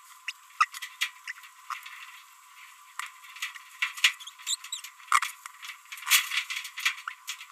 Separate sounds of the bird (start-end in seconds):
0.28-0.31, 0.60-0.65, 1.27-1.32, 4.47-4.55, 4.72-4.80, 5.12-5.31